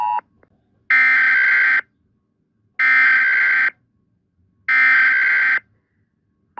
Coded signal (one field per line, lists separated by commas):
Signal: Emergency Alert System (SAME) tones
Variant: header bursts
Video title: All ANASALORAS territories EAS alarms (FIXED)